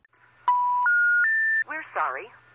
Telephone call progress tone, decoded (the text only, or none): special information tone